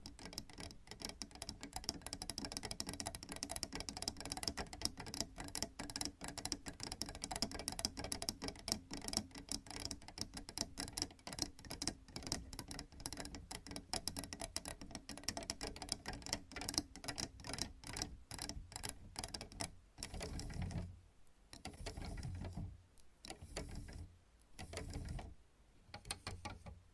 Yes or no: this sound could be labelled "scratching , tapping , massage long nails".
yes